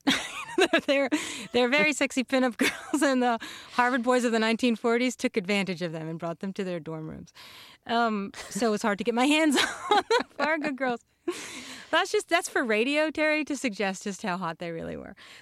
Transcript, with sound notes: they're very sexy pinup girls. And Harvard boys of the 1940s took advantage of them and brought them to their dorm rooms. So it was hard to get my hands (laughter) on the Varga Girls. That's just - that's for radio, Terry, to suggest just how hot they really were.